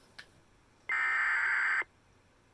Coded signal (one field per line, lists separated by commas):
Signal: Emergency Alert System (SAME) tones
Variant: header bursts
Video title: EAS 2104 SVR NWS Wilmington